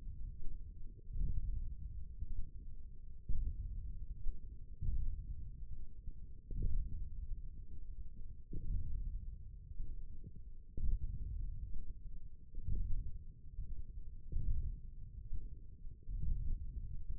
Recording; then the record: forearm muscle sounds (acoustic myography)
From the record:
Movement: radial deviation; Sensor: system 1, eight BSWA MPA416 microphones around the upper forearm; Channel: 4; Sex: male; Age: 20 years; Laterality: left